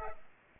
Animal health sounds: mosquito wingbeat signal from an infrared sensor; Culex pipiens

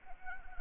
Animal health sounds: mosquito wingbeat signal from an infrared sensor; Anopheles arabiensis

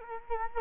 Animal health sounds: mosquito wingbeat signal from an infrared sensor; Culex quinquefasciatus

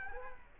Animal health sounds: mosquito wingbeat signal from an infrared sensor; Culex quinquefasciatus

